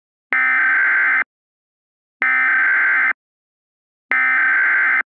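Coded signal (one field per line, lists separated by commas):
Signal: Emergency Alert System (SAME) tones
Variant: header bursts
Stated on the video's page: Fictional scenario of a National Emergency Message (formerly Emergency Action Notification), originator National Public Warning System, United States Government.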